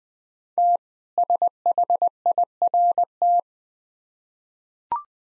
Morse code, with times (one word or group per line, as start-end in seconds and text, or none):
0.6-0.8 T
1.2-3.4 SHIRT